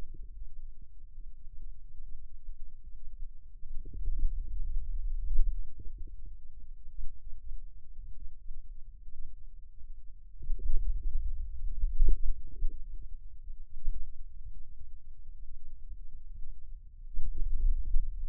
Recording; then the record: forearm muscle sounds (acoustic myography)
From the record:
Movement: wrist extension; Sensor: system 2, bracelet of six BSWA MPA416 microphones around the upper forearm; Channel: 6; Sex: male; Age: 22 years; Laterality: right